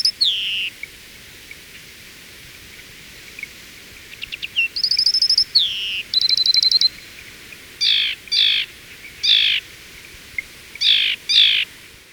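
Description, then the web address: Grass wren song of slurred descending notes, high buzzy trills and stuttering rattles, ending in a series of sharp, emphatic chip bursts with quiet gaps between. Ecuador. "S America Birds of Ecuador. Grass Wren"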